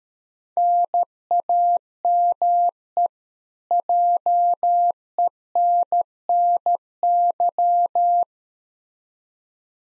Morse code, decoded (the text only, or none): NAME JENNY